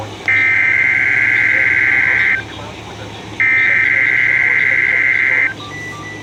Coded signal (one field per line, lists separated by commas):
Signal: Emergency Alert System (SAME) tones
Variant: header bursts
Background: speech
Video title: Start of Pride Month ILN RWT (EAS 359)